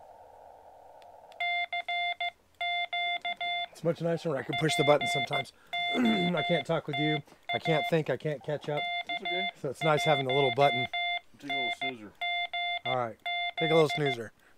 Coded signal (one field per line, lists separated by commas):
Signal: Morse code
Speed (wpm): 15 wpm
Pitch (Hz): 2100 Hz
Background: speech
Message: CQ POTA K1NGZ